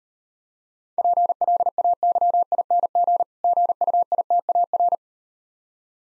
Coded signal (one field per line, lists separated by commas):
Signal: Morse code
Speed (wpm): 39 wpm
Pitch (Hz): 700 Hz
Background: none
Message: PLAYING GUITAR